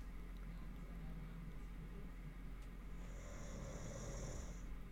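Soft, low rumbling snoring from a sleeping animal. It is faint and coarse, with a fuller snore and an airy hiss in the last two seconds. Steady room hum sits underneath.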